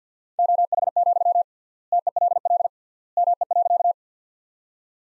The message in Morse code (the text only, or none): OH, TELL ME.